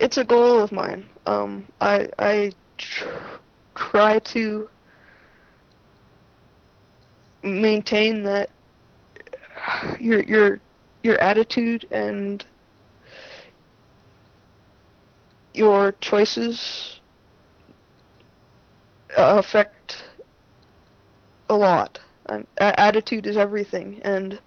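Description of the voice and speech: Adult woman speaking with stuttering: repeated sounds and words and long silent pauses between words that suggest blocks. She is a military medic who has stuttered since childhood, as have several relatives, and she had very little therapy, around age 6.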